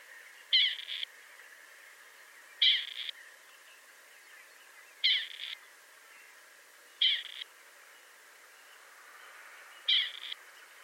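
Partridge calls, harsh rasping two-part notes repeated about every two seconds, five calls in all, over a steady faint hiss.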